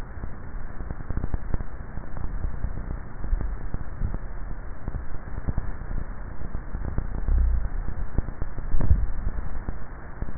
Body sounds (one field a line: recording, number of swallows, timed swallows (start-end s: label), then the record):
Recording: swallowing sounds by neck microphone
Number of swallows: 1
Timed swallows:
8.78-9.58 s: swallow
From the record:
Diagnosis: dysphagia